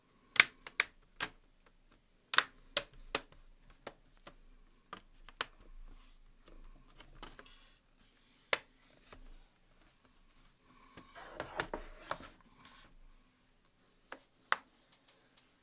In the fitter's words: From here, it should be just snap in place.